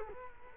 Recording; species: mosquito wingbeat signal from an infrared sensor; Culex quinquefasciatus